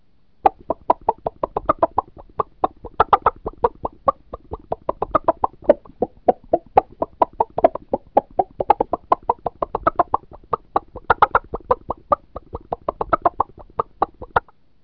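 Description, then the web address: Animal calls: dense, rapid clucking and clicking pulses running continuously throughout, uneven in rhythm and loudness. "动物的叫声"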